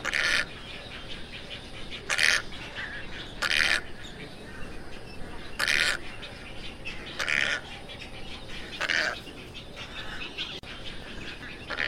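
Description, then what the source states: Tricolored heron uttering several hoarse, grating squawks at intervals against a persistent hiss. Call (canto).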